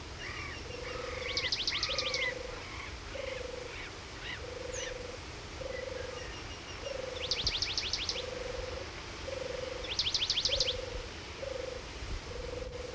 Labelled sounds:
Eurasian Penduline Tit song
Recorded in the wild
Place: Illmitz, AT
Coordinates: 47.7544, 16.7631
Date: 1964-05-20
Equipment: Uher Report 4000, AKG D190
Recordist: Krey, Winfried

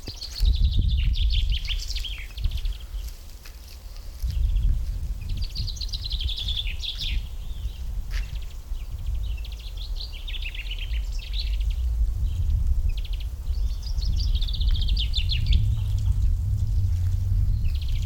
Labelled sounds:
Common Chaffinch song
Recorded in the wild
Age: adult
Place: Schloßpark Babelsberg, Brandenburg, DE
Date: 1997-03-25 14:33
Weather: heiter, ca. 2°C
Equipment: Sony MD-WM MZ-R3, Sennheiser MKH 416 T, Kopie Uher 4000 Report Monitor
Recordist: Tembrock, Günter
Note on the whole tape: Gesang. Auf dem Bandzettel ist der 25.03.1997, 14:33Uhr angegeben

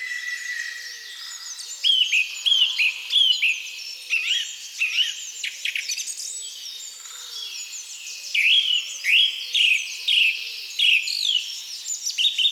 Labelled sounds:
Song Thrush song
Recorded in the wild
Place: Waltershofen / Freiburg im Breisgau, Baden-Württemberg, DE
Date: 2003-04-13
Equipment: MiniDisc Sharp MT 20 H, Sennheiser MKH 816
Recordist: Schwarz, Dieter

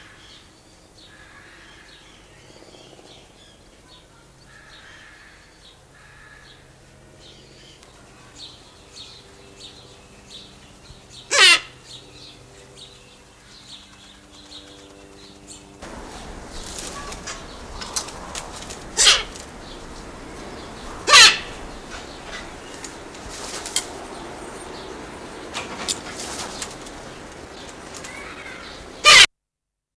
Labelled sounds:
Silvery-cheeked Hornbill call
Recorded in captivity
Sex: male
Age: adult
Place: Zoo Berlin, Berlin, DE
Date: 1999-07-28 16:49
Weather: heiter, 24-26°C
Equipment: Sony WM-D6C, Sennheiser ME 80, Kopie Uher 4000 Report Monitor
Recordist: Tembrock, Günter
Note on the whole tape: Männchen: Kurzlaute. Entfernung ca

